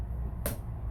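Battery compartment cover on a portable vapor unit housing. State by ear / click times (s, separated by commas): seated / 0.5 s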